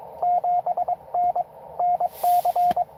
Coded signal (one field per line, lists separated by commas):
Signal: Morse code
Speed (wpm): 22 wpm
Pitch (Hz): 700 Hz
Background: radio noise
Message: 7 NNC